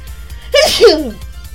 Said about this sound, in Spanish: Ay, permítanme, voy a estornudar.